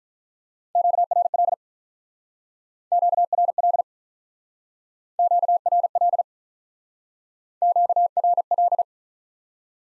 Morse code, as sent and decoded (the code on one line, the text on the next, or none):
--.- .-. .-.. / --.- .-. .-.. / --.- .-. .-.. / --.- .-. .-..
QRL QRL QRL QRL